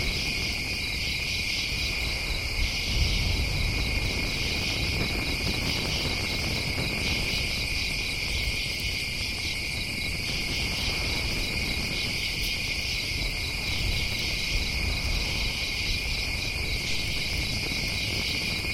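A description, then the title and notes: Night insects in a forest trill in a dense, unbroken high chorus, over a soft low rumble that stays steady throughout the night air. Night Camping. A campsite in a forest at night.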